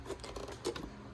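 The plastic dirt cup of a Eureka Ultra Whirlwind Lightspeed upright vacuum is slid up and its seal lined up on the vacuum body, so it sits right before being pushed over into its latch. Only small rubbing and handling sounds are heard, with brief taps at about 0.2, 0.4 and 0.8 seconds. The bin has not latched or clicked into place yet.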